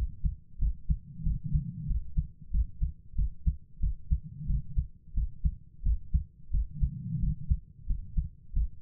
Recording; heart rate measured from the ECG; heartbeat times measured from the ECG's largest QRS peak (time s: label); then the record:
heart sounds by stethoscope; 91 bpm
0.58 s: heartbeat
1.22 s: heartbeat
1.86 s: heartbeat
2.50 s: heartbeat
3.14 s: heartbeat
3.79 s: heartbeat
4.45 s: heartbeat
5.13 s: heartbeat
5.82 s: heartbeat
6.50 s: heartbeat
7.18 s: heartbeat
7.85 s: heartbeat
8.52 s: heartbeat
From the record:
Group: healthy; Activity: cold pressor test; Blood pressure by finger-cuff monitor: 125/75 mmHg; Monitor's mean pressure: 93 mmHg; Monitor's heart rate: 92 bpm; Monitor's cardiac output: 7.3 L/min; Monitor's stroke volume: 79 mL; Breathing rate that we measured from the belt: 22 breaths a minute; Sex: female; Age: 32 years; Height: 172 cm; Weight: 71.7 kg